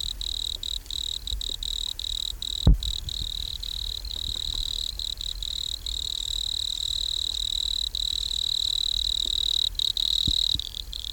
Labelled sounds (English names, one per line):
Wood Cricket stridulation